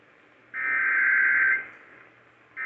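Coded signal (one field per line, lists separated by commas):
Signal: Emergency Alert System (SAME) tones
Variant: header bursts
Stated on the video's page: Severe Thunderstorm Warning received on WLS 890 AM; valid EAS tones.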